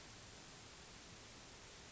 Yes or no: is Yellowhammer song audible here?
no